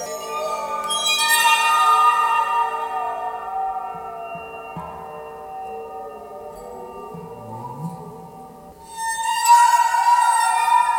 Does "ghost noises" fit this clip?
yes